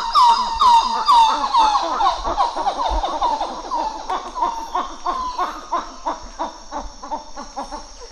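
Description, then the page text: Coppery titi monkey duet: fast repeated swooping calls, about two per second, interwoven into a rhythmic pulsing chorus that gradually softens. Duet recorded 11 July 2018 at 08:02. "Plecturocebus cupreus - ecoSound-web"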